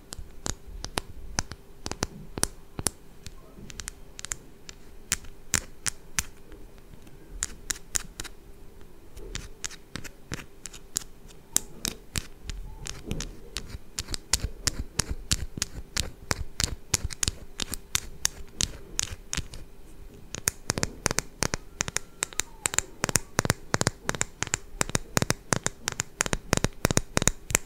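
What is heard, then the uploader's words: Fingernails tap on a bar of soap in quick, crisp clicks, sometimes in rapid bursts and sometimes in slower single taps. After about 20 seconds the taps grow louder and more regular. A faint steady hum sits underneath. ASMR Tapping on Soap (No Talking).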